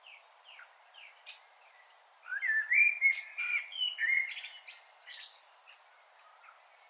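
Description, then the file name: Common blackbird song, a few soft high notes, then a loud run of fluty warbled phrases and twittering, trailing off into faint notes. "Turdus merula"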